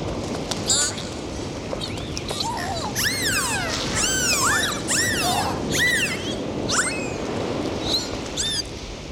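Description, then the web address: Dolphin whistles, a series of arching high squeals that swoop up and down in quick succession, with a few clicks and a background hiss. "prirodni zvuci za deca zvuci ot delfini"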